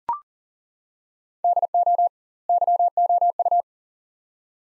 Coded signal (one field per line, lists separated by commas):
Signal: Morse code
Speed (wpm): 38 wpm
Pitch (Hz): 700 Hz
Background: none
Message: DO YOU